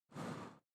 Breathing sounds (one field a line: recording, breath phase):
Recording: one breath near a microphone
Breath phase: exhalation